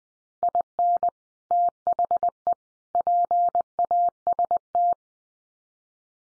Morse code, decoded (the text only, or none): IN THE PAST